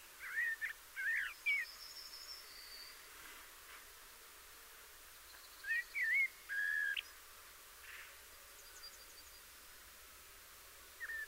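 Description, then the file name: Common blackbird song: rich whistled phrases with slurred notes and a soft high twittering tail, delivered in bursts with quiet pauses between them. "Turdus merula"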